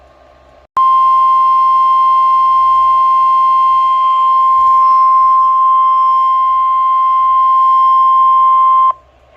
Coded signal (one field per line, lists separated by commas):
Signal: Emergency Alert System (SAME) tones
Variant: 1050 Hz attention tone